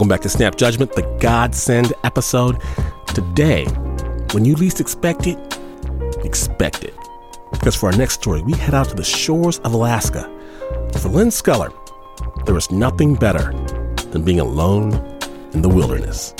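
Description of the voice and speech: A low-pitched adult male radio host narrates fluently in a relaxed, expressive broadcast style, introducing the next story on the show Snap Judgment, with short dramatic pauses between phrases. Articulation and voice quality are ordinary, indicating normal speech. Soft background music plays underneath.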